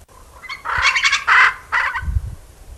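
Tibetan eared pheasant giving loud harsh, croaking bursts in several rough pulses, followed by a low muffled thump and background hiss.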